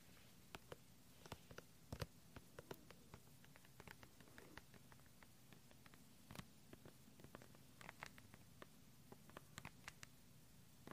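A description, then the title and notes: Gentle clicky, sticky sounds: small sharp ticks and pops arrive irregularly, a few each second, some brighter and louder than others. Beneath them a soft, steady low hum runs unchanged from start to finish. Assorted Gentle Sounds .. Silent . Clicky . Sticky . Soapy.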